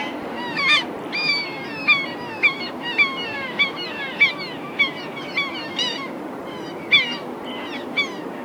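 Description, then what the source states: Gull giving a series of short yelping calls, with other overlapping cries over steady background rumble and hiss. Distant seagull calls.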